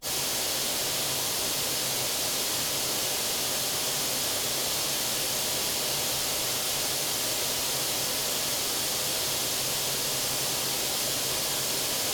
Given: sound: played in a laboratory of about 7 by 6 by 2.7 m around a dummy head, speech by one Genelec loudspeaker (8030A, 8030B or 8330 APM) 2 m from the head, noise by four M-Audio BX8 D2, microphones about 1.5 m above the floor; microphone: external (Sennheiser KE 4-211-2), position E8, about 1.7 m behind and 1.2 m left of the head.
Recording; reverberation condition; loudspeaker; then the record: white noise; medium; four, about 170 cm from the corners of the room and facing them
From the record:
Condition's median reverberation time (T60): about 510 ms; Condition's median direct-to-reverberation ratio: about -0.5 dB